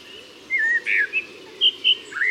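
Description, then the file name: Common blackbird giving brief fluty notes and higher chirpy squeaks in quick succession. "Turdus merula"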